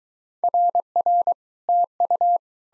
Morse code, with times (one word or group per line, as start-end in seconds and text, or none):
0.4-1.3 RR
1.7-2.4 TU